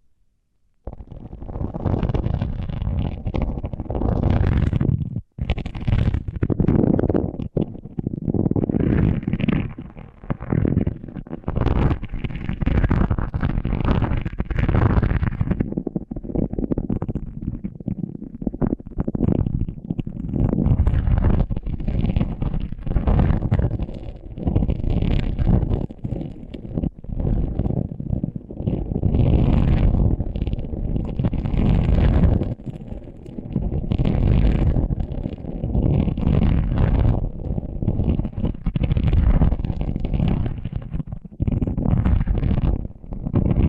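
Muffled, dense rumbling and crinkling from microphones under tape, constant throughout with thick low thuds, a brief dropout near five seconds.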